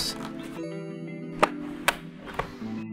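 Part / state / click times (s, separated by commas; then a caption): plastic mirror cap clips in the mirror housing / released / 1.4 s, 1.9 s. A pry tool is run along the face of a Tesla Plaid mirror cap to release the remaining plastic clips in the mirror housing. Over background music, sharp clicks are heard at 1.4 and 1.9 seconds, with a fainter tick at 2.4 seconds. The clips release one after another.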